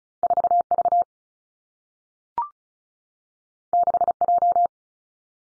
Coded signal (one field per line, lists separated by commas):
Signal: Morse code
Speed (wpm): 36 wpm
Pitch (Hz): 700 Hz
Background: none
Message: 4 V 6 J